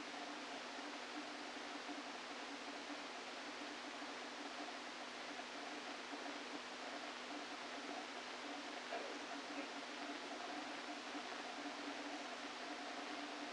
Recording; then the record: brain microelectrode recording played as sound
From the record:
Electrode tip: outside the subthalamic nucleus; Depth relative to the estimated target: -3 mm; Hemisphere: left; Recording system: NeuroSet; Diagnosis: Parkinson's disease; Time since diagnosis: 13 years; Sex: male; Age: 49 years